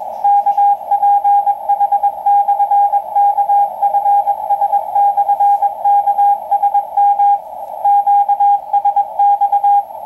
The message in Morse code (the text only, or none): KPH/KFS/KSM QSX